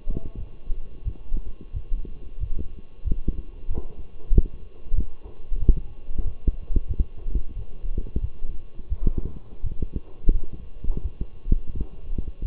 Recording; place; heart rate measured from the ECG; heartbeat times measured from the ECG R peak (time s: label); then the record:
heart sounds by stethoscope; between the tricuspid and mitral areas; 90 bpm
0.36 s: heartbeat
1.04 s: heartbeat
1.73 s: heartbeat
2.39 s: heartbeat
3.04 s: heartbeat
3.69 s: heartbeat
4.32 s: heartbeat
4.95 s: heartbeat
5.59 s: heartbeat
6.23 s: heartbeat
6.88 s: heartbeat
7.55 s: heartbeat
8.21 s: heartbeat
8.89 s: heartbeat
9.62 s: heartbeat
10.32 s: heartbeat
11.02 s: heartbeat
11.73 s: heartbeat
12.42 s: heartbeat
From the record:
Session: walking at 3.7 km/h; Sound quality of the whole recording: partially saturated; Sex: male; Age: 24 years